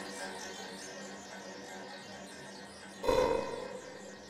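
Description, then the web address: Macaque letting out a single short, rough call after a few seconds of faint background hiss. "carte blanche a lldm sons macaques"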